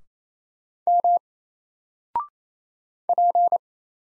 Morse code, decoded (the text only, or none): M P